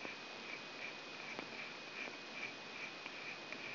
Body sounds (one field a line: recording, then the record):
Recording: brain microelectrode recording played as sound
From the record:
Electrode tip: outside the subthalamic nucleus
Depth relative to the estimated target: -8 mm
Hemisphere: left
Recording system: AlphaMap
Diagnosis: Parkinson's disease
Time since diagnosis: 9 years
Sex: male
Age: 53 years